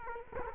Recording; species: mosquito wingbeat signal from an infrared sensor; Culex quinquefasciatus